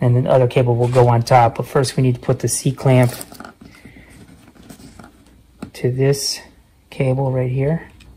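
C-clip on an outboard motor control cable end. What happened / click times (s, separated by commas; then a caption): Handling only; the clip is not yet seated / none. Someone talks while handling a small metal C-clip on the throttle/shift control cable end of a Parsun 40 HP outboard motor, preparing to press it on with needle-nose pliers. Between the speech come quiet rustling and a few faint handling ticks, the sharpest near 5.6 s. Nothing has seated or clicked yet.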